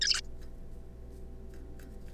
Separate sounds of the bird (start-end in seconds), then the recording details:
0.01-0.21. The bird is a juvenile. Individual R3549